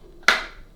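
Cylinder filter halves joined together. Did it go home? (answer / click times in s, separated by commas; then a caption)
yes / 0.3 s. The two plastic halves of an Amazon Basics vacuum cleaner's cylinder filter are rotated together until they lock. A single sharp, bright click sounds at 0.3 s and fades out over about a quarter second. The filter halves are seated, joined together.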